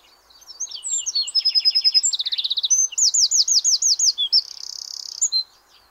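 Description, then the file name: Eurasian wren singing a vigorous, very high, fast string of chips, rattling trills and looping whistled notes, ending in a dry buzzy trill. "Troglodytes troglodytes"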